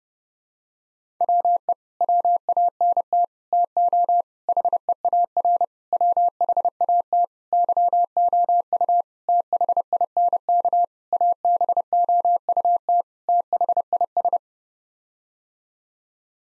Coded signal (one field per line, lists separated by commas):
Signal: Morse code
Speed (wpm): 30 wpm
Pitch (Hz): 700 Hz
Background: none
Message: WE WANT TO HEAR WHAT YOU THINK ABOUT THIS